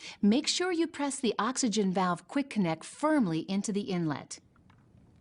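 An oxygen valve quick connect is being handled at the oxygen inlet on the back of a Trilogy 100 ventilator while someone talks for most of the clip. Two faint, very short ticks at about 4.6 s and 4.7 s follow the talking. Nothing has seated or clicked yet.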